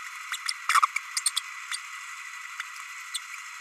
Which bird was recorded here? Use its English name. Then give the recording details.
Green-rumped Parrotlet. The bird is a male. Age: 30 days. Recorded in a nest box in Venezuela. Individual 17B32A6